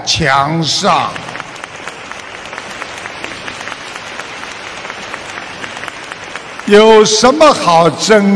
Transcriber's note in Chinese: 掌声